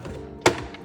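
A Lexus side view mirror housing is pressed onto the mirror assembly until its plastic clips engage, with a sharp, loud thunk at 0.5 s among a few faint taps. The housing clip snaps home and is seated.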